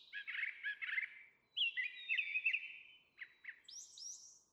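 Brown Thrasher song with a chattering phrase, then a buzzy phrase, two quick notes and a high squeaky ending.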